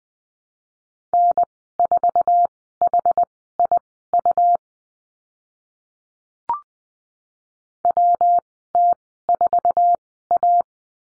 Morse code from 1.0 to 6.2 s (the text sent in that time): N4HIU